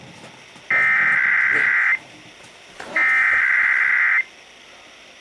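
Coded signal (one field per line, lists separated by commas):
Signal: Emergency Alert System (SAME) tones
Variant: header bursts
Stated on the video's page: Required Monthly Test from KSL-AM radio, a week late, tied to Utah's statewide monthly drill, captured from a live stream over Bluetooth.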